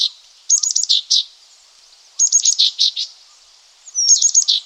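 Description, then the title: Green-backed tit calling in three bursts, each a fast high ticking trill followed by a few chip notes, separated by silent pauses of about a second. "G3latik b4t0. Green-backed Tit (Parus monticolus)"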